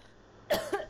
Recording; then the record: coughing mixed with background sound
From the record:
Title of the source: Coughing Woman Sound - Woman Cough Sound Effect